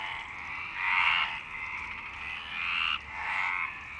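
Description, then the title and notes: Frog chorus of rasping, pulsed croaks, loud bursts rising around one and three seconds over a steady background of more croaking. Frogs in Parc Longchamp, Marseille, Provence-Alpes-Côte d'Azur, France, 26 March 2011 at 19:35, recorded with a MixPre-6 and Basic UCHO. "Marseille, Provence-Alpes-Côte d'Azur, France - 26_03_11_19_35 Longchamps_004 grenouilles. Grenouilles au parc de Longchamp MIXPRE 6 + BASIC UCHO"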